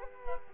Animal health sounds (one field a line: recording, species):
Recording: mosquito wingbeat signal from an infrared sensor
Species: Culex quinquefasciatus